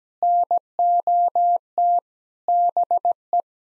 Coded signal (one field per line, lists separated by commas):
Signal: Morse code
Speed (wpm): 17 wpm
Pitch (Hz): 700 Hz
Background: none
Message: NOT BE